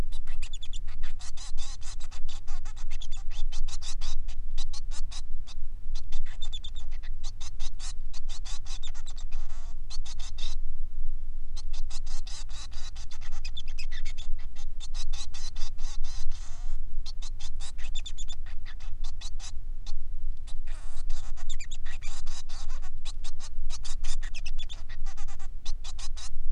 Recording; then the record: song of a male Bengalese finch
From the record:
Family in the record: son of father 3